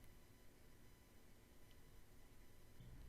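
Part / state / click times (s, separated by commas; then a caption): charging handle going into the rifle upper receiver / not seated / none. A charging handle is held in the correct orientation, flat sides left and right, and lined up with its hole in the FN SCAR rifle upper receiver before being pushed in. Only a steady low hiss and faint handling noise are heard, with no hits. Nothing has seated or clicked yet.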